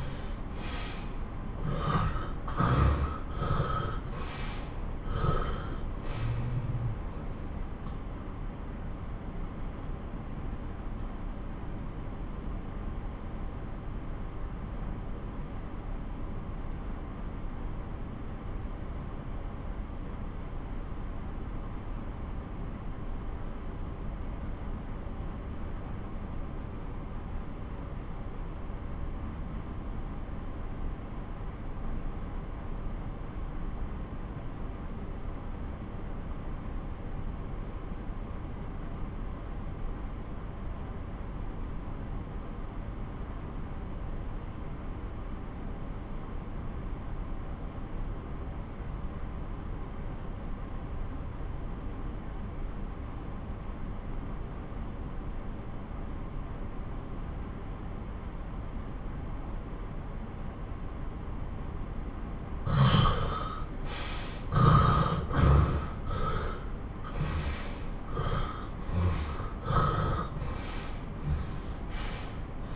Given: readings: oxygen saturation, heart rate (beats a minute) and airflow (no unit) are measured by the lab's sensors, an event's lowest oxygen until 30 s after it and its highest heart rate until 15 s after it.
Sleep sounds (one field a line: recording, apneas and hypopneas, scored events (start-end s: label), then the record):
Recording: breathing in sleep by a smartphone at the bedside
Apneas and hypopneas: 1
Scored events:
10.00-59.10 s: obstructive apnea (REM, oxygen 90% highest, then 77% lowest)
From the record:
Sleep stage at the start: REM sleep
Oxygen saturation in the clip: 66 to 90%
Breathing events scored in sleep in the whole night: 217 in 6.3 hours asleep